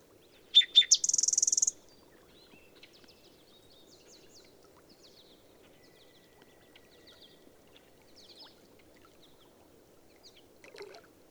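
Bird song: two sharp notes and a rapid high trill early on, then long quiet with faint scattered chirps.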